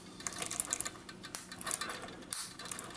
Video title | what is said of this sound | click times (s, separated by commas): Seiko Sea Urchin SNZF17K1 - Customisation & Bezel Removal | you feel that you can press down it'll click into place like that | 1.4 s, 2.3 s